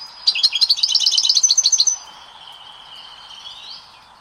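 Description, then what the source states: European goldfinch song: a quick, liquid twittering of high notes for under two seconds, then a thin sustained whistle. Caged goldfinch; its song is described as soft and melodious, and each bird has its own particular song.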